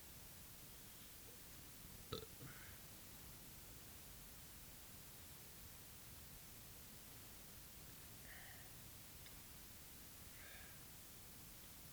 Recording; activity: daily activity, guitar pickup as the sensor; drink water